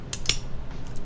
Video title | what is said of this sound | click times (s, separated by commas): TKD Cycle7 Build Stream | and it clicks into place | 0.1 s, 0.3 s